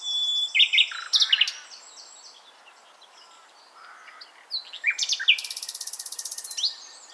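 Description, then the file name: Common nightingale song: short sharp whistled notes, a quiet gap, then a few notes leading into a rapid rattling trill of repeated high notes. "Luscinia megarhynchos"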